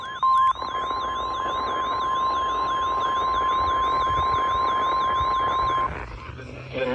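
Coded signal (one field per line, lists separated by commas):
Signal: Emergency Alert System (SAME) tones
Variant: 1050 Hz attention tone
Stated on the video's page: New Hampshire statewide Required Monthly Test, relayed by NOAA Weather Radio transmitters on 162.400–162.525 MHz and by FM stations, including HD subchannels.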